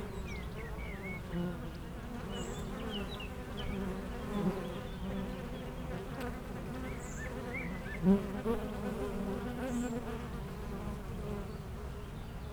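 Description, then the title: Honey bees buzzing continuously in a dense low hum, with faint bird chirps and whistles in the background. Honey bees foraging between two hives of an apiary in Aix-les-Bains, France, making constant trips to flowers; a few birds in a nearby wood. "Aix-les-Bains, France - Les abeilles"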